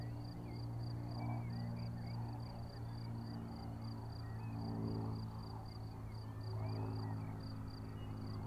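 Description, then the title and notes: Cricket giving a regular, high chirping pulse beneath a droning aircraft engine with humming low tones. Crickets chirping on an unnamed road at Vogtsburg im Kaiserstuhl, Germany, overlooking a wide plain, with small aircraft engine noise. "Unnamed Road, 79235 Vogtsburg im Kaiserstuhl, Deutschland - Grillen zirpen. Zirpen der Grillen. Motorenlärm eines Kleinflugzeugs"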